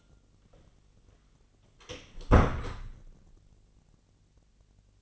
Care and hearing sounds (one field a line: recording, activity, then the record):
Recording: daily activity, microphone in the room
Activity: close door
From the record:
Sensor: 4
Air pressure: 1010.1 hPa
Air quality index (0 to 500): 194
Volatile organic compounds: 3 ppm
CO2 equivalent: 1394 ppm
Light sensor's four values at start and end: 32/79/33/35 and 35/85/35/37